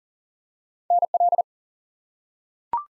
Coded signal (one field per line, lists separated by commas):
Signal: Morse code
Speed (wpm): 40 wpm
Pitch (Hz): 700 Hz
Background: none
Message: NL